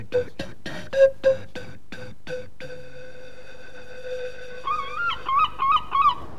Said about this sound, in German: Möwengeschrei dringt an sein Ohr.